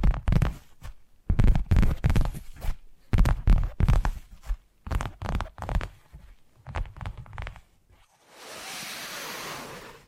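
Tapping triggers in quick clusters of soft, low thuds, each burst lasting under a second with short quiet gaps between, slowing and thinning toward eight seconds. The last two seconds switch to a steady, bright hiss, like rubbing or scratching.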